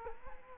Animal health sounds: mosquito wingbeat signal from an infrared sensor; Culex quinquefasciatus

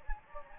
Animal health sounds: mosquito wingbeat signal from an infrared sensor; Anopheles gambiae

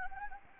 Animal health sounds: mosquito wingbeat signal from an infrared sensor; Anopheles gambiae

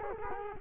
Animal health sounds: mosquito wingbeat signal from an infrared sensor; Culex quinquefasciatus

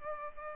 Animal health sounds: mosquito wingbeat signal from an infrared sensor; Culex pipiens

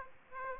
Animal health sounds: mosquito wingbeat signal from an infrared sensor; Aedes aegypti

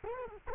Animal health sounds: mosquito wingbeat signal from an infrared sensor; Culex quinquefasciatus

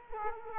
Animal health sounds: mosquito wingbeat signal from an infrared sensor; Culex quinquefasciatus

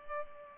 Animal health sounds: mosquito wingbeat signal from an infrared sensor; Culex pipiens

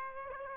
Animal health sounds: mosquito wingbeat signal from an infrared sensor; Aedes aegypti

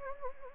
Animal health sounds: mosquito wingbeat signal from an infrared sensor; Anopheles gambiae

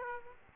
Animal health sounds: mosquito wingbeat signal from an infrared sensor; Aedes aegypti

